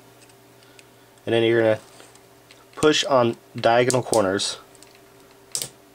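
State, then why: Seated. Someone talks while a plastic key cap is centred over its scissor hinge mechanism on an HP Compaq laptop keyboard and pressed down on diagonal corners. A sharp snap at 5.6 s marks the key cap seating into place.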